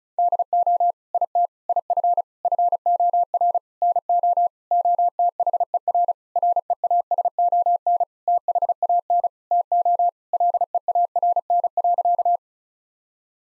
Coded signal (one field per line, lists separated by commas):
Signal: Morse code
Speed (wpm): 36 wpm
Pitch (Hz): 700 Hz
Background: none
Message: DO IT IF FOR NO OTHER REASON THAN TO LEARN.